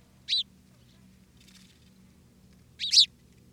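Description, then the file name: House sparrow giving a sharp chirp, then near silence for over two seconds, followed by a louder doubled chirp. "Passer domesticus"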